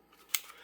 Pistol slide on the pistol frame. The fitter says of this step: pull until it clicks